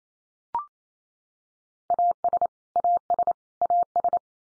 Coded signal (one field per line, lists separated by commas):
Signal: Morse code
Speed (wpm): 28 wpm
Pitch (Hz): 700 Hz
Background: none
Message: AS AS AS